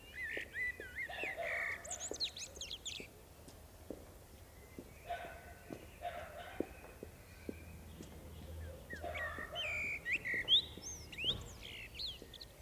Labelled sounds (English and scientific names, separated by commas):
Common Blackbird (Turdus merula) song